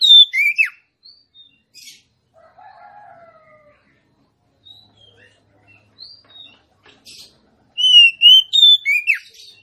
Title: KACER NGOTOT FULL TEMBAKAN. Suara kacer betinamemancing kacer jantan yg macet bunyi